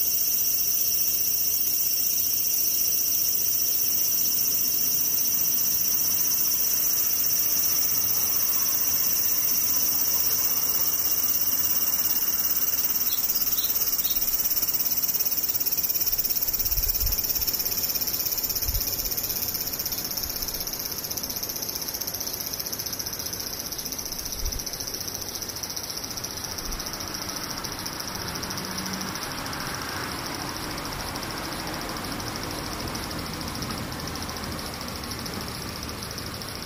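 Cicadas drone on without a break, a bright, dense buzzing shrill that holds steady through the whole stretch, easing only slightly toward the end. A few soft low thumps break in around the middle, at about 17, 19 and 25 seconds, under a faint rumbling background.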